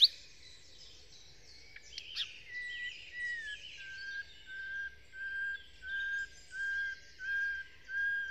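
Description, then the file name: Common nightingale song opening with scratchy, jumbled twittering, then settling into slow, evenly spaced pure whistled notes repeated about every two-thirds of a second, over a soft background hiss. Song, Kent, 2008; recordist Phil Riddett. "nightingale-song-recorded-in-kent-2008-by-phil-riddett"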